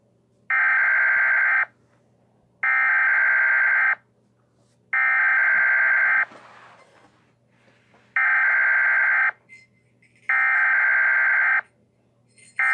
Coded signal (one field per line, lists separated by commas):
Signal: Emergency Alert System (SAME) tones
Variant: header bursts